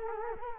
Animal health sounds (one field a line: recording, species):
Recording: mosquito wingbeat signal from an infrared sensor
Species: Culex quinquefasciatus